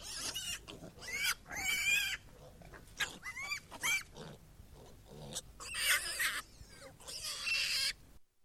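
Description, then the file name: Piglet squeals, several short, shrill bursts rising and falling in pitch, separated by brief pauses, with soft snuffling and rustling underneath. "Porosenok vizzhit"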